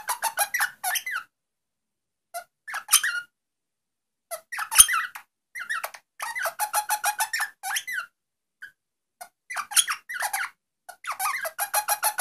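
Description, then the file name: Rosella chattering in quick bursts of squeaky, high harmonic notes, separated by short silent gaps, with one brief click midway. "Canto da Rosela"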